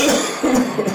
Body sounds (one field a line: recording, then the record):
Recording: coughing mixed with background sound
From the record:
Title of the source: Spring Cold Coughing 3